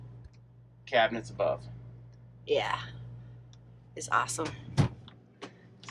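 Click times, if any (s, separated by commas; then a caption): 4.8 s. A swing-out TV mount in an RV cabinet is pushed back against the cabinet and snaps into its locked, stowed position with a sharp click at 4.8 seconds. Someone talks before the snap, over a steady low hum.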